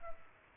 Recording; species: mosquito wingbeat signal from an infrared sensor; Culex pipiens